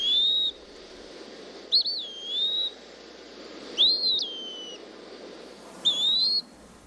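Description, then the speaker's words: Eastern Wood-Pewee giving four clear, slurred whistled calls about two seconds apart, some rising and others rising then falling, over soft background noise. Plaintive, almost lazy call in two versions, heard in woods in late summer; the bird's common name comes from its call. "the call of the peewee can be heard in the woods right now."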